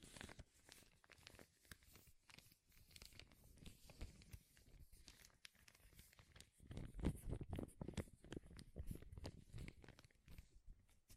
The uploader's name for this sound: Powerful Crinkles